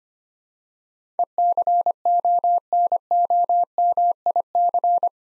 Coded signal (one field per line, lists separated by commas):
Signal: Morse code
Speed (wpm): 25 wpm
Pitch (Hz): 700 Hz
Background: none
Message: ECONOMIC